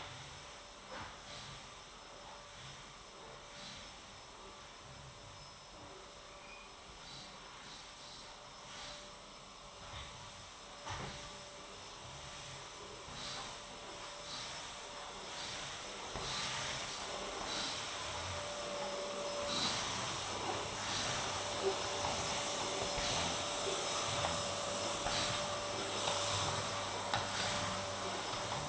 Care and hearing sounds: daily activity, microphone in the room; vacuum cleaning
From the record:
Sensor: 3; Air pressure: 1011.9 hPa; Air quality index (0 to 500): 236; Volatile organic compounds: 5 ppm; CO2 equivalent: 1750 ppm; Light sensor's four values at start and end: 10/23/9/9 and 6/12/5/5

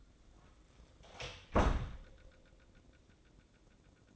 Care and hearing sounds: daily activity, microphone in the room; close door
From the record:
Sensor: 3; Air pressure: 1012.3 hPa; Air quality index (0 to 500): 180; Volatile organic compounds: 3 ppm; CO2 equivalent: 1379 ppm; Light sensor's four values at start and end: 630/1569/651/674 and 630/1569/651/674

